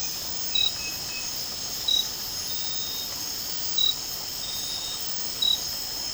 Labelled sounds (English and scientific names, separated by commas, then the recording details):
none
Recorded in dense forest near Puerto Asís, Putumayo, Colombia, on 12 March 2025 at 02:30
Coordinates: 0.467, -76.328
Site G041